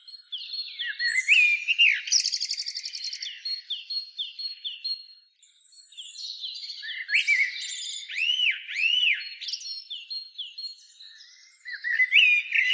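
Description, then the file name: Common blackbird song: dense run of varied chirps and twittering, rising and falling notes, with a pause near midway and a thin steady tone behind. "Turdus merula"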